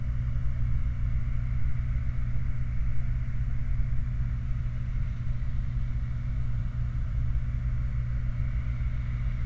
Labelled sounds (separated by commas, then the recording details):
machinery, flare stack
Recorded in the Prudhoe Bay oil fields, Alaska, on 28 July 2019 at 23:39
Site 29